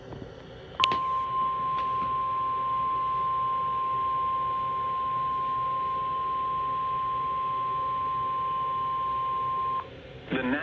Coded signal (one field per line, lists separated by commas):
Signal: Emergency Alert System (SAME) tones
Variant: 1050 Hz attention tone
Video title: EAS Alerts #83-92: 11 Colorado Alerts which includes a Double Header EAS (6/19/2018)